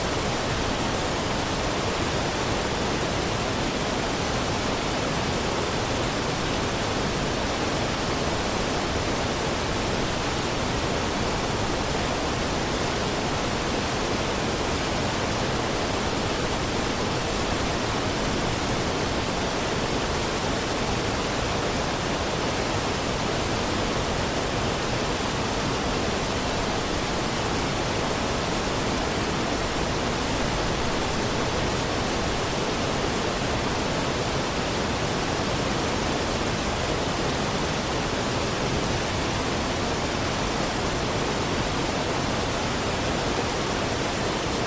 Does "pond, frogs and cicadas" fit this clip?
no